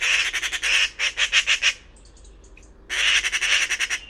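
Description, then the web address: Bird call: a loud, raspy series of quick pulsed squawks, a short pause with faint high notes, then another rasping run. "cianscape birddata Deverinetal 2025"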